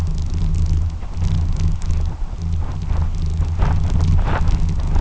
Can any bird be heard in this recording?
no